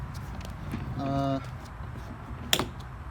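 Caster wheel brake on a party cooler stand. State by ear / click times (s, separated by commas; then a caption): seated / 2.5 s. Someone talks as the caster brake on a plastic wheel of an Igloo Party Bar 125 Qt cooler stand is pushed into its locked position. It gives a sharp plastic click at 2.5 s. The wheel locks into place and is then harder to push.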